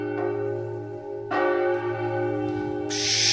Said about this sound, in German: Und erschrocken warf Kunigunde ihren Ehering weit über Wald und Land zum Turm hin, wo er die zu schöne Glocke durchbohrte und tiefer und schwerer stimmte.